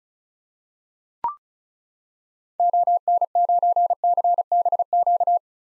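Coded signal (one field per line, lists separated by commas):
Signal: Morse code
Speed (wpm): 36 wpm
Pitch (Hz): 700 Hz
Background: none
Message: ON9CBQ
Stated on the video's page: Morse code drill of common SOTA activator call signs for head-copy at 35 wpm; each call sent, spoken, then sent again.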